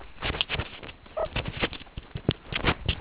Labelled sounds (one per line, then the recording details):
meerkat close call
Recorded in the Kuruman River Reserve, South Africa
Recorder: an audio tag on a meerkat's collar